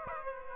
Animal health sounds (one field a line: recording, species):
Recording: mosquito wingbeat signal from an infrared sensor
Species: Aedes aegypti